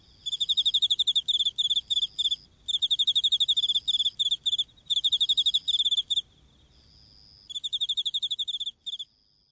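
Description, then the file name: Autumn insect chirping: long runs of rapid, sharp high pulses broken by short pauses, with a thin sustained trill in one gap. "akinomushi"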